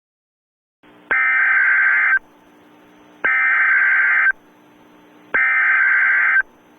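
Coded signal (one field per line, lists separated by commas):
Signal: Emergency Alert System (SAME) tones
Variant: header bursts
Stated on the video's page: Simulated EAS mock alert for a fictional tornado.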